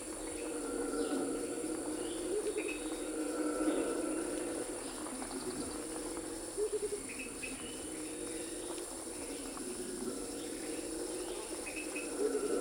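A rainforest morning atmosphere with a steady wash of insect and cricket buzzing, including a thin high whine held throughout. Short bird calls and chirps pop up every few seconds over a soft low rumble, and the level stays fairly even.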